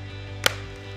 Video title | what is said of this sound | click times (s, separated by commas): Miller Welding Helmets plus MSA Hard Hat Certified Systems | hear a click when it's when it slides in | 0.5 s